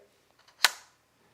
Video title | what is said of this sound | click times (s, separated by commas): Neutral Density Filters & More | clicks right on to the thing and it's very fur yeah right the | 0.7 s